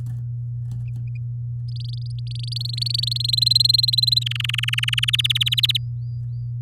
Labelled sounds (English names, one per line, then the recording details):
Domestic Canary song
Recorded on 6 May 2018 at 08:59
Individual llb16